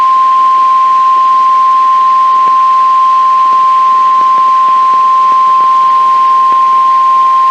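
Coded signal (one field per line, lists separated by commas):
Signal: Emergency Alert System (SAME) tones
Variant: 1050 Hz attention tone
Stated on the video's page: EAS alerts captured through a TFT EAS 911 unit, including NOAA Weather Radio broadcasts.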